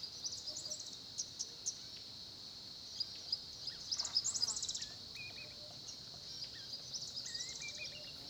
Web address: Tonschliff - SOUTH AFRICAN CRICKETS BG South Africa Kruger Olifants 1030 am small pond